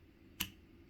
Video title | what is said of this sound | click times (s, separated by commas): LevelMDiecast: 2022 Timber Dan October Toy Show Haul | This one actually does snap into place, which is pretty nice. | 0.4 s